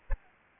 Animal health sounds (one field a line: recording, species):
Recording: mosquito wingbeat signal from an infrared sensor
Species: Anopheles gambiae